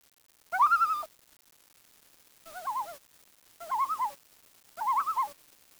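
Bird calls: four wavering, warbled tonal notes, each about half a second long, separated by silent pauses.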